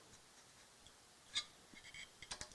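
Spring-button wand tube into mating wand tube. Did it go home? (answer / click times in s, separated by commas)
yes / 2.2 s, 2.3 s, 2.4 s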